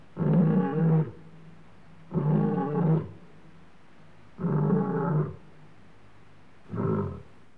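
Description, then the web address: Lion roaring: four deep, grunting bursts, each about a second long, repeated roughly every two seconds, the last one shorter. Male lion roaring in Africa, recorded against a clean background. "Sound Effects Library (Africa- The Natural World) Male Lion roaring, clean background"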